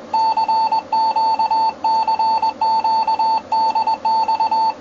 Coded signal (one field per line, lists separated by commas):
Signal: Morse code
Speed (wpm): 20 wpm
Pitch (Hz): 890 Hz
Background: none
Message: CQ CQ DX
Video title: Buenas condiciones con europa hr 1 UTC 7 MHZ 13/8/2012 CX1SI radioamateur --URUGUAY--